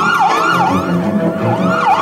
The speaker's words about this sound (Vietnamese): Một tháng sau, khi anh Bành đang trong phòng trực ban lái xe thì một hồi còi hú lên thê thảm của xe cấp cứu làm anh bừng tỉnh.